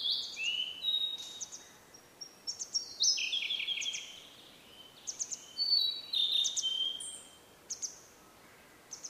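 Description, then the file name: Blue-and-white flycatcher: high sliding whistles and short buzzy notes follow one another closely, sometimes overlapping, with steady low hiss underneath. "oruri"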